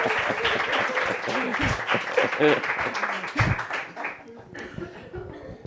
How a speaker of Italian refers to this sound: Un applauso, grazie, dai, sciogliamo questa tensione. Grazie.